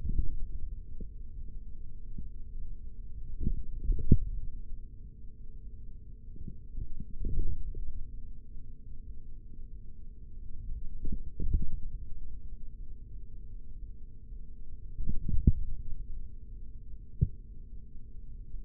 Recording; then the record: forearm muscle sounds (acoustic myography)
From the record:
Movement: finger pinch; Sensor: system 3, bracelet of six PUI Audio POM-2738L microphones around the upper forearm, with dedicated amplification and filtering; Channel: 3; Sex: male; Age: 56 years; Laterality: right